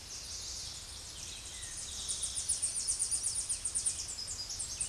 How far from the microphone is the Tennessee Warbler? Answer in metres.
about 20 m